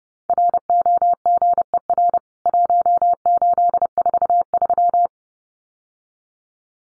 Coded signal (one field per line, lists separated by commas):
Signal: Morse code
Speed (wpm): 30 wpm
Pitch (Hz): 700 Hz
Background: none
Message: ROGER 1843